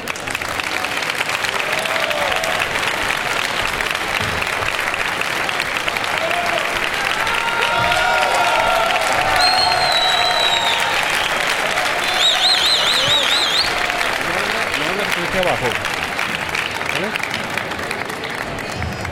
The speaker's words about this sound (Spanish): Recibamos con un fuerte aplauso al pregonero de la Real Feria de Agosto 2015,